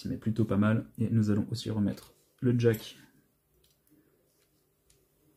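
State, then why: Seated. Someone talks, then the bottom charging-port/jack flex connector at the dock of a Samsung S10 is pressed onto the phone's board socket during a display assembly replacement. Faint ticks follow at 3.6 and 3.9 seconds, then a small sharp click at 4.9 seconds as the connector clips in and is seated.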